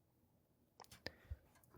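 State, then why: Seated. A 24-pin ATX motherboard power connector that looked flush but was not fully latched is pressed down onto its motherboard header. After a few soft contact sounds starting around 0.8 s, its plastic latch gives a sharp click at 1.1 s as it snaps over its catch, followed by a low thump, and the connector is now seated.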